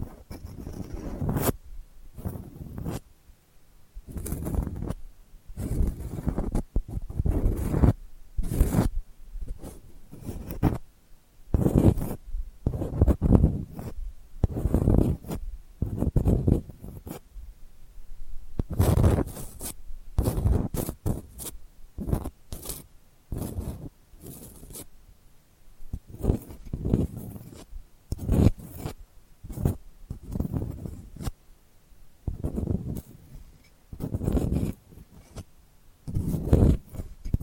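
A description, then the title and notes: Delicate scratching sounds come in quick, irregular strokes throughout, each a short rasp with a soft low body and a thin, bright edge. Brief pauses separate clusters of strokes, and there is no other sound behind them. ASMR Delicate Scratching for Sleep (No Talking).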